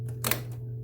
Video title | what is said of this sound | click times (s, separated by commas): FIX Doesn't Recognize Ink Cartridge Epson WF-7720 INXPRO CISS Sublimation Hack SOLVED! | two three four did you hear those clicks you got to make sure every single one of these is clicked okay | 0.3 s